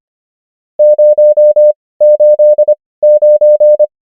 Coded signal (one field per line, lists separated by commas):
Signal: Morse code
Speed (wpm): 25 wpm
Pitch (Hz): 600 Hz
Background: none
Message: 089